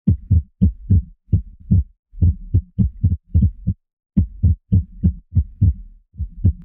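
An irregular heartbeat heard through a stethoscope: low-pitched heart sounds come at uneven intervals, with occasional longer pauses between beats.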